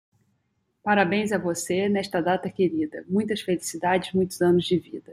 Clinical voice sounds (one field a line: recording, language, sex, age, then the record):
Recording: short text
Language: Brazilian Portuguese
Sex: female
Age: 40 to 49 years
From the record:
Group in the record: control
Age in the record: 41 years